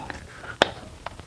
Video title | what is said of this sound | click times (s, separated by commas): EWK Oil Extractor - Easiest Oil Change Ever - Mercedes C300 3.5 liter 4Matic | slide it right in there and then just push down on the top firmly and you'll hear it pop in just | 0.6 s